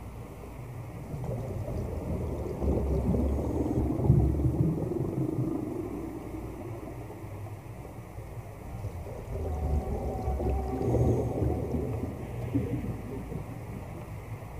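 Deep underwater rumble fills the recording, swelling twice, around four and eleven seconds, with low moaning tones drifting through the murk. A faint held whale-like note rises near ten seconds, while a soft steady hiss sits above throughout.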